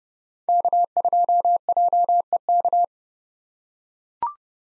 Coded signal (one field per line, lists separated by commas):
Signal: Morse code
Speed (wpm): 31 wpm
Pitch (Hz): 700 Hz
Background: none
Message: K2JEK